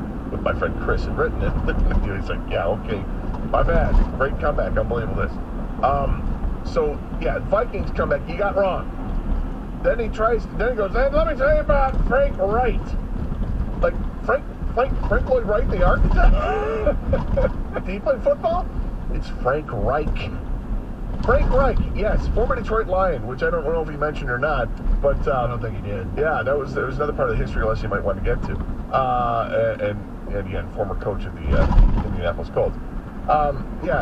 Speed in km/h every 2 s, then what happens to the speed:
72, 74, 71, 66, 61, 58, 56, 58, 60, 53, 52, 52, 52, 53, 56, 56, 56.
3-11 slows to 56. 11-17 steady at about 58. 17-19 brakes to 52. 19-34 steady at about 53.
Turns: none.